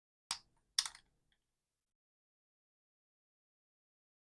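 A plastic piece is taken off a QiYi 2x2 speed cube, needing a little effort to remove. Two sharp, loud clicks are heard at 0.3 s and 0.8 s as the piece pops off and is released, with a short rattle after the second click and then silence.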